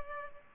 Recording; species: mosquito wingbeat signal from an infrared sensor; Culex pipiens